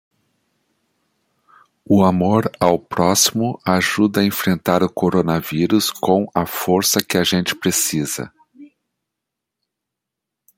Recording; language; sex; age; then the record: spoken sentence; Brazilian Portuguese; male; 60 to 69 years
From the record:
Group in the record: control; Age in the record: 61 years